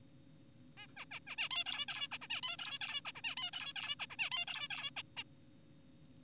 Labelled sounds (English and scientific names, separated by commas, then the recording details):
Zebra Finch (Taeniopygia guttata)
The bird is an adult
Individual g4p5U